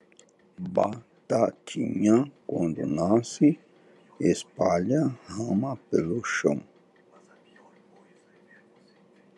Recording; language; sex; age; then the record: short text; Brazilian Portuguese; male; 40 to 49 years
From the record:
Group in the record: control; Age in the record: 41 years